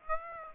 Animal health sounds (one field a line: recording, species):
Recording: mosquito wingbeat signal from an infrared sensor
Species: Aedes aegypti